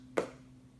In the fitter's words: put that right on there and listen to this it snaps right into place